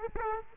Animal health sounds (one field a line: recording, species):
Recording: mosquito wingbeat signal from an infrared sensor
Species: Aedes aegypti